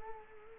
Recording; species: mosquito wingbeat signal from an infrared sensor; Culex quinquefasciatus